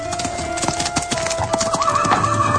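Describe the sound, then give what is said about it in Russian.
A ridden horse whinnies with a wavering, high-pitched cry while its hooves clip-clop in a steady, uneven rhythm as it is stopped before the porch of the Priluchino manor, all fairly loud and continuous with no voices. “– спросил он, останавливая свою лошадь перед крыльцом Прилучинского замка.”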